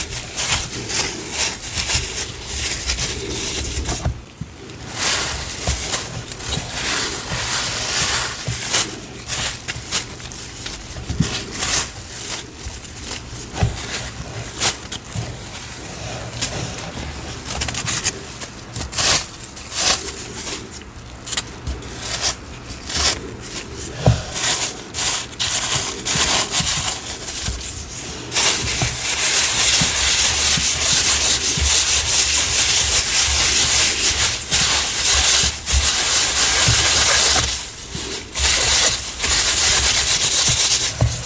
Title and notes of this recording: Sifting, Mixing, Reforming Green Cornstarch & Gym Chalk Powders. Sifting asmr, powder play, pouring water, mixing paste, reforming cornstarch and dyed gym chalk powder